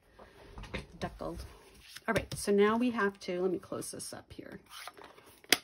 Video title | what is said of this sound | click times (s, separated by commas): Birthday Card Class - March 18, 2023 | disaster right oops oops click see there okay | 5.5 s